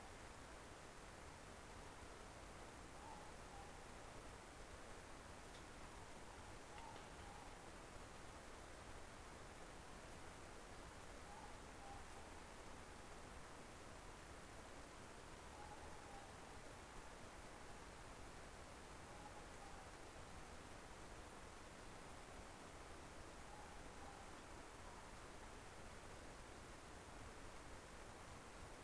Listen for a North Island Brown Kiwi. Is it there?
no